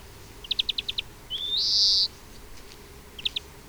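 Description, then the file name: European greenfinch gives a short rapid trill of chirps, then a drawn-out nasal wheeze, followed by a brief double chirp. "Chloris chloris"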